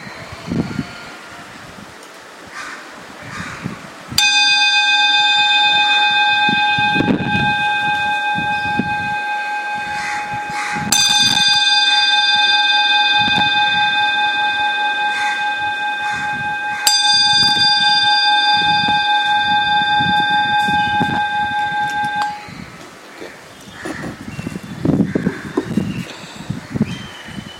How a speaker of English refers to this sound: So first, please listen to the sound of the bell. Okay.